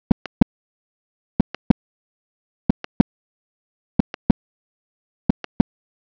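Slow, regular heart cycles at about 46 a minute, each with a first sound, a soft, sharp click partway through systole, then the second sound. This is a mid-systolic click between the two heart sounds.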